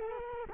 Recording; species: mosquito wingbeat signal from an infrared sensor; Culex quinquefasciatus